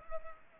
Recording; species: mosquito wingbeat signal from an infrared sensor; Culex pipiens